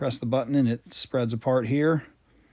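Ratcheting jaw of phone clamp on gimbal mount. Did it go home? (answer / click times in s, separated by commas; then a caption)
no / none. A man talks while handling the plastic phone mount clamp on a SIRUI Swift P1 gimbal; a button is pressed and the ratcheting jaw spreads apart. Nothing has seated or clicked yet, and the clip ends before the clamp ratchets closed.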